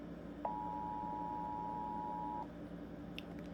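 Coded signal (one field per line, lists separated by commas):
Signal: Emergency Alert System (SAME) tones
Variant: 853 and 960 Hz attention tone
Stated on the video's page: Fake nuclear attack EAS scenario using valid SAME tones; made-up, not a real alert.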